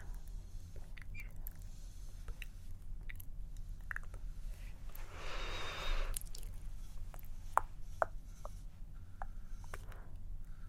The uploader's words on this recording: ASMR 10 Personal Attention Triggers Plucking, Face Touching, Tracing.